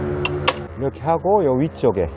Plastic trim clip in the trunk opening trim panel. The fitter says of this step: 딱 소리가 나면서 물고 있던 클립이 분리가 되구요 로 밑에 있는 부분도 마찬가지죠